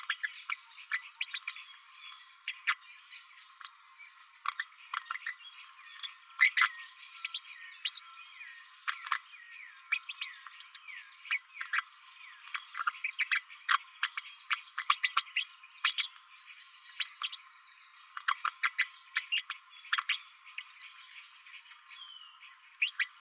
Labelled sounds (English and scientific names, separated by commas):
Green-rumped Parrotlet (Forpus passerinus) babbling